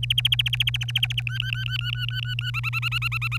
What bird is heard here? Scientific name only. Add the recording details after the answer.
Serinus canaria. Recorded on 25 April 2018 at 06:10. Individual llb3